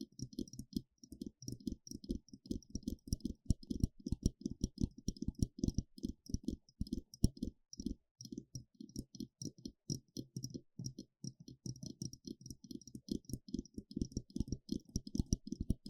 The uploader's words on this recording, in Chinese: 刺痛的鼓膜摳摳與敲打。Intense & Deep Sound NT5 Mic Scratching & Tapping | NoTalking。